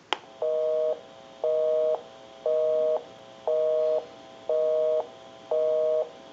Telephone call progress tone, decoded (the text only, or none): busy tone